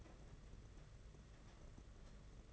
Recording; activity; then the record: daily activity, microphone in the room; take from stove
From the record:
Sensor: 4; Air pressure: 992.7 hPa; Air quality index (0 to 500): 174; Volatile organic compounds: 308 ppm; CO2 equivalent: 4498 ppm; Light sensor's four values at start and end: 5/11/4/5 and 5/11/4/5